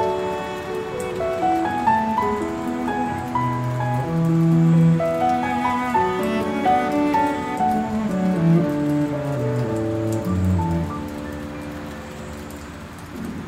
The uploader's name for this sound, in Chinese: 鋼琴音樂配合雷雨的聲音